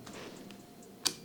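The swinging pad assembly of a Metabo SXE 450 TurboTec random orbital sander has been turned 180° to the other side, and the red release button is let go so the plastic pad housing locks into its new mode. Faint ticks are heard at about 0.1 and 0.5 seconds, then a sharp, loud click at 1.1 seconds as the lock engages and the pad seats.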